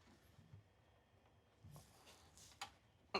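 A Range Technology DFM auto start-stop disabler module is slid onto the engine control module connector, logo facing out, with its spring-loaded side toward the ECM, on a 2022.5+ Sierra/Silverado or 2021+ GM SUV. After quiet handling noise and a few soft ticks, a sharp click at 3.2 s confirms the module has seated on the connector.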